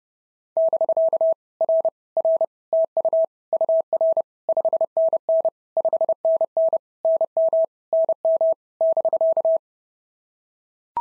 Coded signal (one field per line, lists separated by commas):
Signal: Morse code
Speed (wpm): 30 wpm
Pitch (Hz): 650 Hz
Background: none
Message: <BK> R R TU UR 5NN 5NN NM NM <BK>